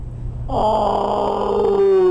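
A male Malayan tiger named Gara lets out a loud, drawn-out moaning vocalization, rich in tonal harmonics and sliding slightly downward in pitch, rising abruptly after a moment of low rumbling background.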